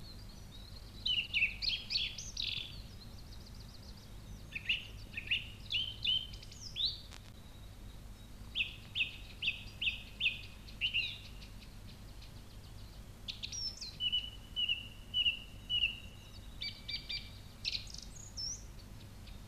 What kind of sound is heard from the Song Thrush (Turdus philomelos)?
song